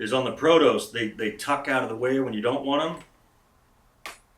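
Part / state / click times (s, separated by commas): earmuff arm into climbing helmet mount / seated / 4.1 s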